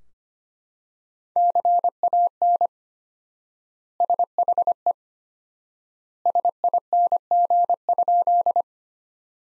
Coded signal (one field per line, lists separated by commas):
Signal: Morse code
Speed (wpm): 25 wpm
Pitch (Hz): 700 Hz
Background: none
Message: CAN SHE SING?